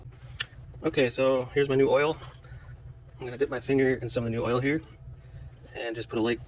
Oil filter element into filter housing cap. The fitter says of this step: Push it back in until it clicks.